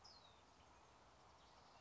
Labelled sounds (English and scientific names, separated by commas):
California Towhee (Melozone crissalis)